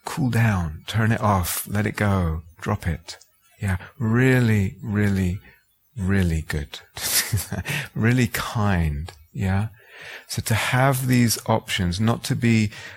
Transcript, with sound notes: cool down, turn it off, let it go, drop it. Really, really, really good. [laughs] Really kind, yeah? So to have these options, not to be